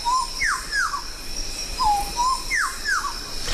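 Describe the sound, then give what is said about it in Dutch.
A bird in Papua New Guinea, called the sejak, calls with clear, mid-pitched whistles: a short level note followed by two downward-slurred whistles, the phrase repeated twice over a steady hiss of insects or wind. “Een vogel? Ja.”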